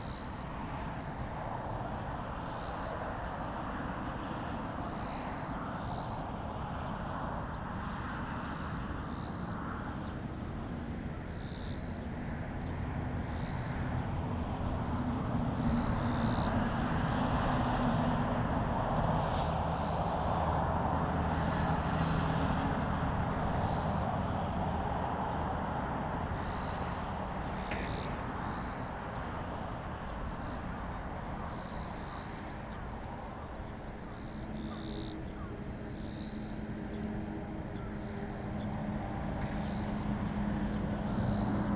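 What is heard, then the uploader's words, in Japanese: Katydids call back and forth in the summer heat, their harsh, high buzzing trills repeating in steady bursts throughout. Underneath runs a constant low rumble like traffic, swelling slightly in the middle of the recording before easing off. 炎天下のキリギリス。8月5日の夜に録音したのと同じ場所で、日中に録音。炎天下にもかかわらず、キリギリスが元気に鳴き交わしていました。ZOOM H6, Sennheiser MKH8020。新潟県刈羽村。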